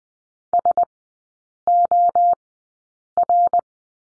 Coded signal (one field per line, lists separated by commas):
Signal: Morse code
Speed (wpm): 20 wpm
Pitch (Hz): 700 Hz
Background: none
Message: SOR